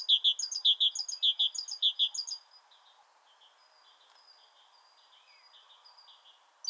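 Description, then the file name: Great tit repeating sharp two-note phrases for about two seconds, followed by fainter, softer notes and a steady low background hum. "Parus major"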